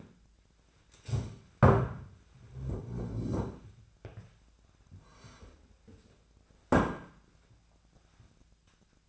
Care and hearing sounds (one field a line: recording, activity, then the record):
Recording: daily activity, microphone in the room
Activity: stand up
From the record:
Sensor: 2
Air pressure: 1007.8 hPa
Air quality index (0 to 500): 179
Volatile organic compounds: 10 ppm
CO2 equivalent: 2199 ppm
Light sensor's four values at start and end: 10/24/10/10 and 10/24/10/10